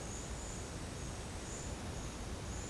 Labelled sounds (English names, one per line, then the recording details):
none
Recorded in secondary vegetation near Puerto Asís, Putumayo, Colombia, on 24 March 2025 at 11:00
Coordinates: 0.485, -76.322
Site G040